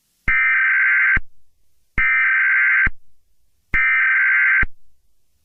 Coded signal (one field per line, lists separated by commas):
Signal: Emergency Alert System (SAME) tones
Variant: header bursts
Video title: EAS scenario 23 (short/Easter special): Easter egg hunting gone wrong!